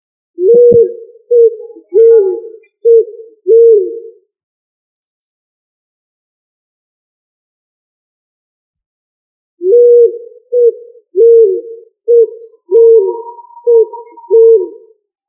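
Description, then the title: Pigeon cooing in two bouts of short, low, hollow coos repeated about every 0.7 seconds, separated by a long silence, with a faint steady tone near the end. "ColumbidaePomba"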